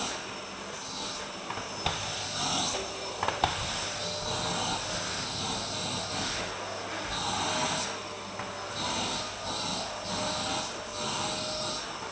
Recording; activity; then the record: daily activity, microphone in the room; vacuum cleaning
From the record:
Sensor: 2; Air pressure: 1009.5 hPa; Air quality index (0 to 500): 187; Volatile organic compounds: 12 ppm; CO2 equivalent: 2325 ppm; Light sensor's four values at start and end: 25/60/26/28 and 24/58/25/27